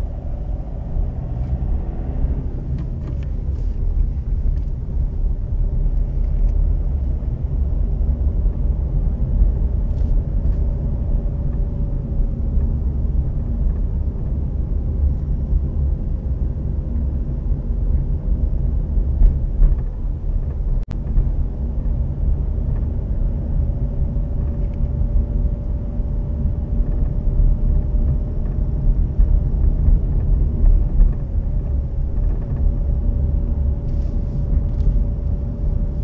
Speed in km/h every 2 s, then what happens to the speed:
16, 18, 18, 22, 24, 27, 25, 23, 24, 23, 22, 25, 26, 28, 28, 27, 26, 26.
0-10 speeds up to 27. 10-19 steady at about 24. 25-36 steady at about 27.